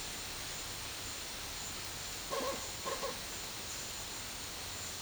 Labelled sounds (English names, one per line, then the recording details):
none
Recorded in dense forest near Puerto Asís, Putumayo, Colombia, on 22 December 2024 at 12:00
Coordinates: 0.486, -76.317
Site G003